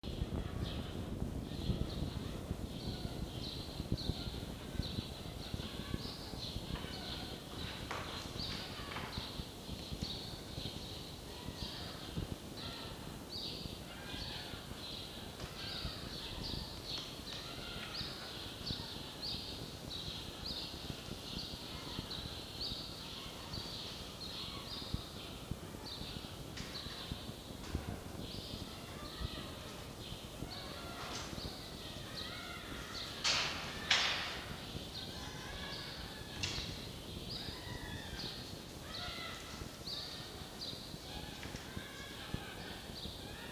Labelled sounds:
Red Fox
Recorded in captivity
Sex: female
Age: juvenile
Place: Zoologisches Institut der HUB, Berlin, DE
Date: 1953-04-05 10:20
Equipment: Elmetra
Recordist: Tembrock, Günter

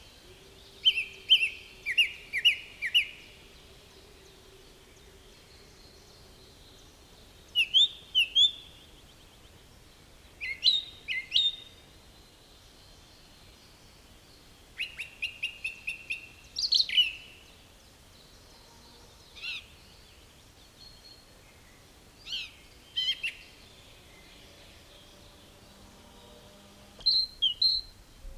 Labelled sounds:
Song Thrush song
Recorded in the wild
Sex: male
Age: adult
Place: Schloß Holte-Stukenbrock, Senne, Nordrhein-Westfalen, DE
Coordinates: 51.8669, 8.65333
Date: 1967-05-20
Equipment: Uher 4000 Report-S, Bändchenmikro Beyer M 260, Parabolspiegel Polyester (470 mm)
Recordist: Conrads, Klaus

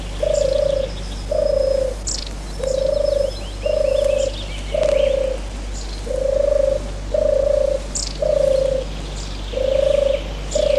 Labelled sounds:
European Turtle Dove song
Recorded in the wild
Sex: male
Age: adult
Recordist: Meyer, Hugo

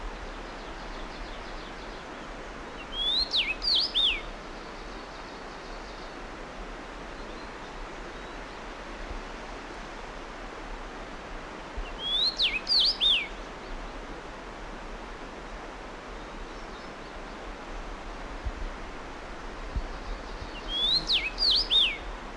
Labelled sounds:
Common Rosefinch song
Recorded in the wild
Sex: male
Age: adult
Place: Paratunka, Kamtschatka, RU
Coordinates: 53.5667, 158.417
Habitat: hornbeam
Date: 1999-06-13 16:46
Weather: cloudy, ca. 15°C, moderate winds
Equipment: Sony WM-D6C, Sennheiser ME 80, K 30 AV Schalter I, Kopie Sony TCD-D8
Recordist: Frommolt, Karl-Heinz

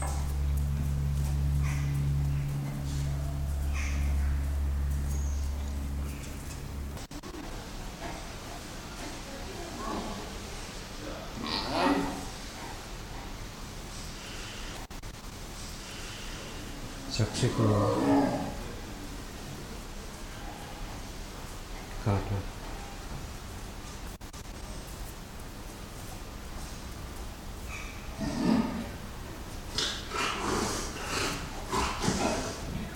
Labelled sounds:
Leopard
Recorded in captivity
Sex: male
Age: adult
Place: Zoo Münster, Nordrhein-Westfalen, DE
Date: 1991-09-24 17:10
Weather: schwül, 22-24°C
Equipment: Marantz CP 430, Sennheiser ME 80, K 30 AV, Kopie Tesla B 116
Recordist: Tembrock, Günter

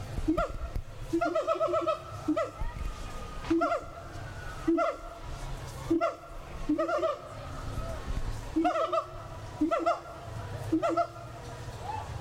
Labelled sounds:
Siamang call
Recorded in captivity
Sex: male
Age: subadult
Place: Zoo Berlin, Berlin, DE
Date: 1996-08-24 21:10
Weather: bedeckt, ca. 20°C
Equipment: Sony MD-WM MZ-R3, Sennheiser MKH 416 T, Kopie Uher 4000 Report Monitor
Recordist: Tembrock, Günter

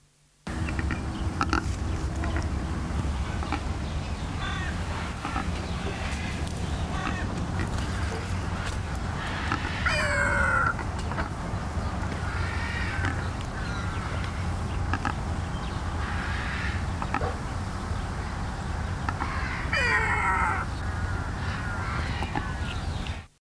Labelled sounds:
Secretarybird call
Bonelli's Eagle
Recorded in captivity
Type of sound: call
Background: Aquila fasciata
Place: Zoo Ramat Gan, Tel Aviv, IL
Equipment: Halbspur, 9,5 cm/s
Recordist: Lütgens, Hans
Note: Ein Paar, leicht beunruhigt, zwischendurch zweimal Habichtsadler

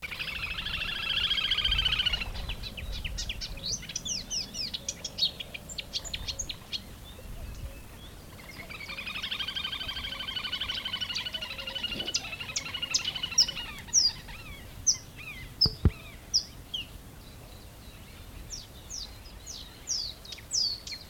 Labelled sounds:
Eurasian Reed Warbler
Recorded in the wild
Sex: male
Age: adult
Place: Karower Teiche, Naturpark Barnim, Berlin, DE
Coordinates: 52.622, 13.46
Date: 1992-05-16 10:30
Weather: sonnig, ca. 20-22°C
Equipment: Nagra SN, Mikrofon AKG CK 8, Kopie Tesla B 116
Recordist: Tembrock, Günter

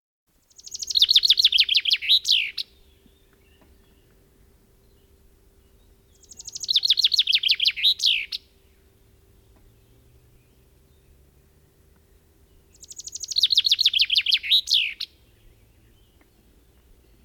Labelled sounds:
Common Chaffinch song
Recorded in the wild
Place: Leszno, Großpolen, PL
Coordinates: 51.842, 16.594
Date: 1987-07-15 06:38
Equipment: Nagra III BH, Sennheiser MD 21, parabola
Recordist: Schubert, Michael

